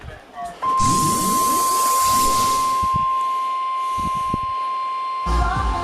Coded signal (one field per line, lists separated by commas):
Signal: Emergency Alert System (SAME) tones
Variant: 1050 Hz attention tone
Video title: MORE ALERTS FOR YA LADDIES!! EAS Alerts from 3/17/18 (EAS #827 - 844)